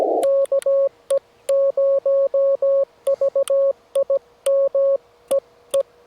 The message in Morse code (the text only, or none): KE0VIM EE